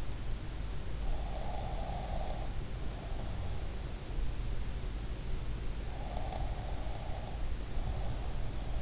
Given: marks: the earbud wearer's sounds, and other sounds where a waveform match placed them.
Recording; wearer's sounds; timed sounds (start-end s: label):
sounds in sleep by an in-ear microphone; snoring breath
1.22-3.76 s: snoring breath
5.98-8.82 s: snoring breath